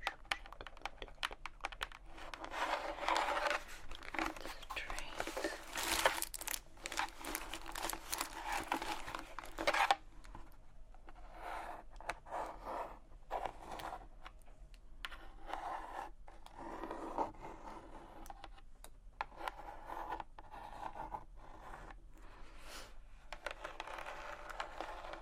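Candy wrappers crinkle and rustle in dense, irregular bursts, busiest in the first ten seconds with a sharp peak near six seconds. Afterward the handling turns sparser: scattered crackles, small taps and scraping movements come and go, with brief quiet gaps between them.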